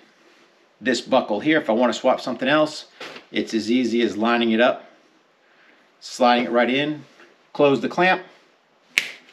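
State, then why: Seated. Someone talks while lining up a Kore Essentials EDC belt strap and sliding it into a swappable buckle, then pressing the buckle's toothed clamp shut onto the strap. At 9.0 s the clamp closes with one sharp snap, locking the buckle securely onto the strap.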